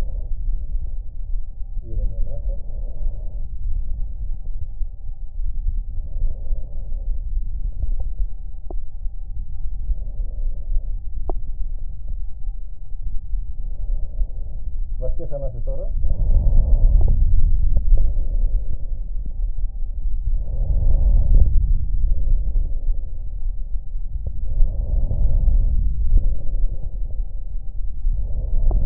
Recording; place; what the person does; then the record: lung sounds by stethoscope; right anterior apical chest; quiet breathing, then deep breathing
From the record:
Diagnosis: pulmonary infection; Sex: male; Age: 74 years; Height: 171 cm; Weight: 80 kg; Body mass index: 27.4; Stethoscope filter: extended mode